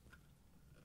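A plastic retaining ring is lined up with the notches and handled over a new Frigidaire/Electrolux washer outer door cover, part 137577700, with low rustling and a brief tap around 0.1 s. Nothing has snapped into place or seated yet.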